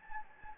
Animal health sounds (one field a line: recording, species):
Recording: mosquito wingbeat signal from an infrared sensor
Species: Anopheles gambiae